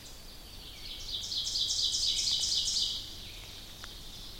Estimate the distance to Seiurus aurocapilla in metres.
about 30 m